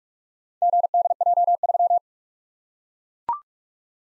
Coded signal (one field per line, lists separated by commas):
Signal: Morse code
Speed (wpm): 44 wpm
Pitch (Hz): 700 Hz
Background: none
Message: GDJ3